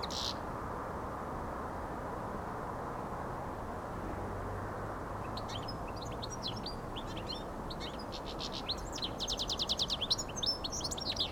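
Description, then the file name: European goldfinch song: a quiet start, then fast tinkling twitters and buzzy trills from midway, growing livelier toward the end over a steady low rumble. "Carduelis carduelis"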